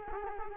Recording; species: mosquito wingbeat signal from an infrared sensor; Culex quinquefasciatus